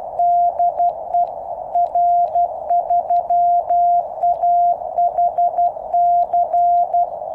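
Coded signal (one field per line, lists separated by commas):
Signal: Morse code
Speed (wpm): 12 wpm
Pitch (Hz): 700 Hz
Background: none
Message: DE R3AHC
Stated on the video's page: QRP CW from a QCX-mini on 3x18650 batteries, 10 m end-fed antenna with 1:64 balun on a 7 m fishing-pole mast, Moscow.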